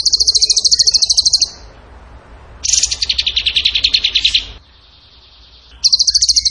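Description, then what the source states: Bird song: a fast, high trill, a pause, then a lower, broader pulsed trill, followed by another crisp high trill after a short gap. Training song (masteran) in the tembakan gacor style.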